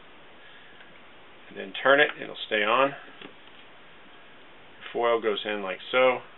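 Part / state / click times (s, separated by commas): shaver foil into foil frame / not seated / none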